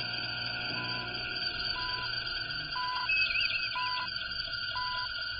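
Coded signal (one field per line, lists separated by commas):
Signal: none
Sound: music notes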